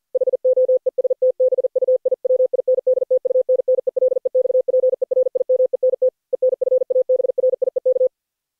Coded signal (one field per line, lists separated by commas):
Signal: Morse code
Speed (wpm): 47 wpm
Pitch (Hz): 510 Hz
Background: none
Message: HOESTBUI WINDTUNNELEXPERIMENT EN FABRIEK